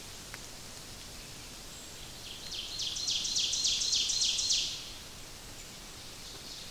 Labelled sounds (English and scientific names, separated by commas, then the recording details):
Ovenbird (Seiurus aurocapilla) song
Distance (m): 45 m
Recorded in boreal forest in Alberta, Canada, on 28 May 2016 at 06:56
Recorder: SongMeter 3, array SBT-3-49
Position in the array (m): 75 m, 253 m
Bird 14